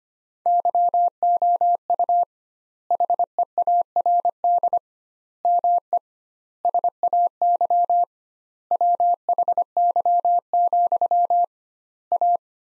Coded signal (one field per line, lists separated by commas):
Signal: Morse code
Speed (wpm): 25 wpm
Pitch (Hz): 700 Hz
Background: none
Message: YOU HEARD ME SAY WHY, A